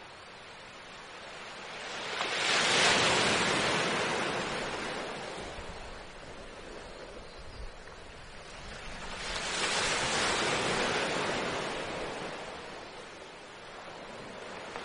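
Sea waves wash in steadily, with two broad surges that swell and recede, one peaking around three seconds and another near ten. Between them a constant hiss of surf remains, and a faint low rumble of wind sits underneath.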